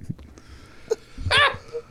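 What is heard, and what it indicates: An adult sneezes, muffled and brief, as if trying to keep it quiet, during a conversation.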